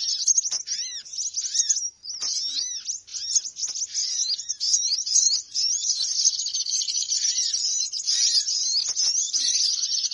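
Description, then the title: Birds chattering in a steady wash of high-pitched chirps, with curved lower whistled notes repeating in the opening seconds. Bird lure recording of noisy bird chatter, played to attract birds, which gather soon after it starts playing. "Baru Diputar Dah Banyak Merapat! Suara Pikat Burung Ribut"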